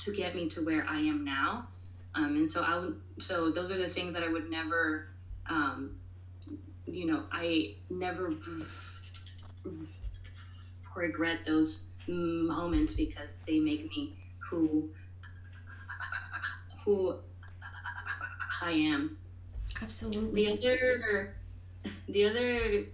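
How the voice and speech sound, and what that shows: An adult woman who stutters speaks in a quiet room with a phrase revision, a stretched "I" and "never", and a long silent block before "regret". "Who" is repeated after a two-second pause, and the final word is restarted. These repetitions, prolongations and blocks are stuttering.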